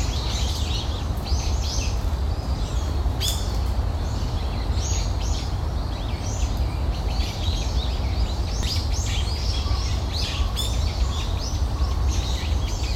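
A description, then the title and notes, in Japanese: A morning park where a stream or small waterfall keeps up a steady, dense rush with a strong low rumble. Over it, small birds chirp and twitter in quick bright bursts scattered throughout, with a sharper call near the middle. 公園の朝散歩より591鳥のこえ。鳥の声。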